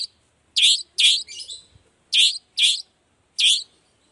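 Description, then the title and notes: Long-tailed shrike uttering harsh buzzy scolding notes in quick pairs and singles, loud and rasping, with short silent gaps. Sung in the morning; 'toet toet' sound variation; used as a lure so other shrikes of any type reply quickly and open their beaks. "Cendet Gacor Dor Di Kala Pagi Toet Toet Variasi Suara. Cendet Gacor Efektif Pancingan Buat Cendet Jenis Apapun Agar Cepat Nyaut Buka Paruh. Burung cendet"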